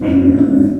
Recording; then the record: squeal of a Yucatan mini pig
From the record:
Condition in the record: after surgery on the right vocal fold (resection and tissue-engineered implant); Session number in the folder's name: 5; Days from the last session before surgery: 33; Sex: female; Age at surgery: 19 weeks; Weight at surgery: 25 kg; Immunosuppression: prednisolone